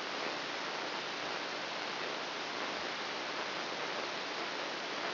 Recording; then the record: brain microelectrode recording played as sound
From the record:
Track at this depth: inside the subthalamic nucleus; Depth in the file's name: 4.709 mm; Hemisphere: left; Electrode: 3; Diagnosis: Parkinson's disease